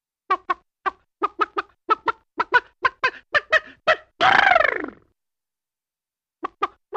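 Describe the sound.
Chicken: a quick run of sharp clucks leading into one long, harsh squawk, then after a pause a few more clucks.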